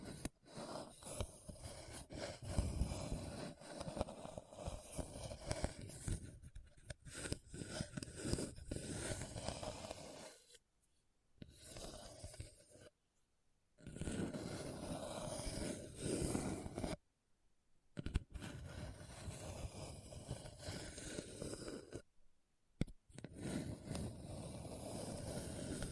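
A rough, grinding scratch drags over a hard, bumpy surface in long stretches, full and gritty with a low rumble underneath and a steady midrange tone. The scraping stops abruptly several times, leaving near-silent gaps around 10, 17 and 22 seconds before resuming.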